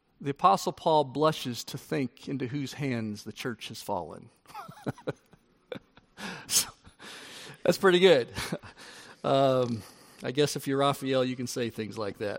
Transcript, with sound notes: the Apostle Paul “blushes to see into whose hands the church has fallen.” (Laughter!) That’s pretty good. I guess if you’re Raphael, you can say things like that.